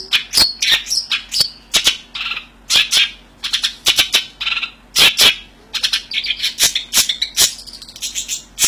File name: cendet samohong